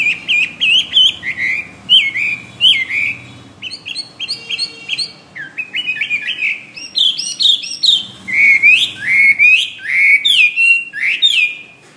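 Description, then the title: Bird song with a rapid, varied run of whistled and chirped notes, some rising, some dropping, repeated in energetic phrases over twelve seconds. "SuaraBurung Kicau"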